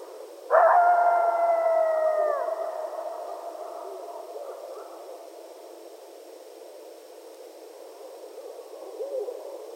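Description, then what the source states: Coyote howling: one abrupt, long, even note that falls off after about two seconds, then fades, with a faint sound near the end. Several coyotes at night, recorded 15 February 2012.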